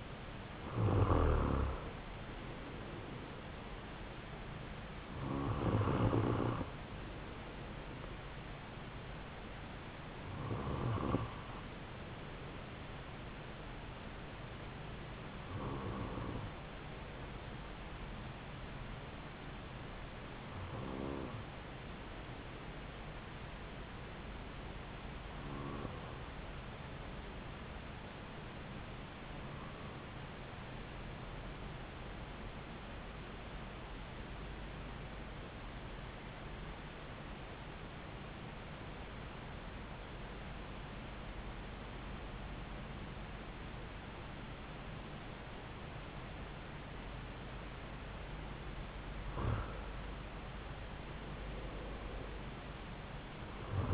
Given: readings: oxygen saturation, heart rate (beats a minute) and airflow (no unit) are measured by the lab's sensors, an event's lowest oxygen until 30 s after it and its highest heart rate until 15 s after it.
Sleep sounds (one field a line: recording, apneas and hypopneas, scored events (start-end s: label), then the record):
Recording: breathing in sleep by a voice recorder at the bedside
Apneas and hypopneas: 1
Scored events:
30.00-46.40 s: hypopnea (N2, oxygen 96% highest, then 92% lowest)
From the record:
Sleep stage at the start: N2 (light sleep)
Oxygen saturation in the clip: 92 to 96%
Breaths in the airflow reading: 12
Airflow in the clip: -4.7 to 4.8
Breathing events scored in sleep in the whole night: 270 in 6.1 hours asleep